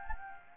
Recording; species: mosquito wingbeat signal from an infrared sensor; Anopheles gambiae